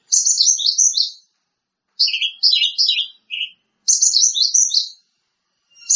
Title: Kicau Cucak Ijo